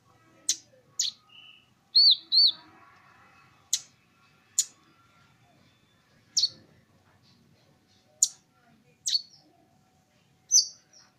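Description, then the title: Small bird giving sparse, sharp high ticks and a couple of short arched chirps, spaced irregularly with quiet gaps between. "Burung Kecil"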